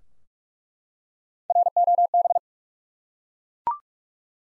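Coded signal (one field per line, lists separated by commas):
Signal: Morse code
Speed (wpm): 47 wpm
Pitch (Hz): 700 Hz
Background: none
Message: ROB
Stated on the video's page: Head-copy drill of common US names up to four letters at 45 wpm, each sent in Morse, spoken, then sent again.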